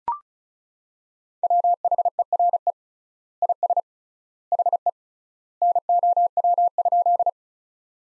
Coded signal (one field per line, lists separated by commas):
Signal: Morse code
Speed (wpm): 34 wpm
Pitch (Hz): 700 Hz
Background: none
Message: WHERE IS HE NOW?